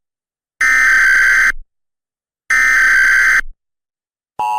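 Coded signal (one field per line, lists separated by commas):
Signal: Emergency Alert System (SAME) tones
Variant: header bursts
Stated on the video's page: Fictional EAS scenario about nuclear sabotage.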